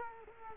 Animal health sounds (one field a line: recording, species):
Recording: mosquito wingbeat signal from an infrared sensor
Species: Culex quinquefasciatus